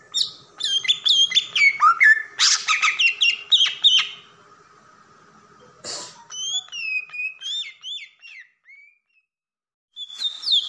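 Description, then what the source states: Oriental magpie-robin singing varied whistled phrases, quick downslurred notes and buzzy bursts, then a pause and more clear slurred whistles after a short harsh rasp. Long-duration filler (isian) song meant for training, the bird described as singing actively day and night.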